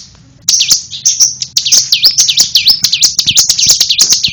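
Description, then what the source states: Bird repeating high, swooping whistled notes that dip and rise again, delivered in a quick, uneven series with sharp ticking sounds between. Bird chirping.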